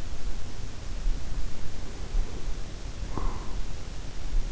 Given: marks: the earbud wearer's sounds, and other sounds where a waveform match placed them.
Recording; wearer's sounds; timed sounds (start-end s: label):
sounds in sleep by an in-ear microphone; breath
1.57-3.84 s: breath